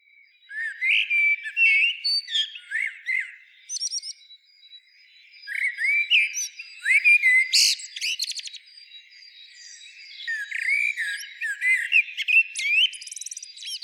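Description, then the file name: Eurasian blackbird song, phrase after phrase of rich fluted notes with scratchy high twittered endings. "Turdus merula"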